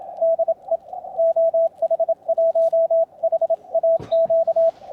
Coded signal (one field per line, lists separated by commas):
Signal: Morse code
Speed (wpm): 28 wpm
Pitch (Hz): 660 Hz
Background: radio noise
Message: DE OH1HAQ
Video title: Testing a home Brew Elevated Vertical Antenna on the air using CW, other antennas here. The Shack